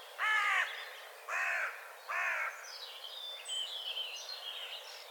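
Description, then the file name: Carrion crow cawing, three harsh raspy caws about a second apart, followed by twittering and chirping of small birds in the background. "Corvus corone"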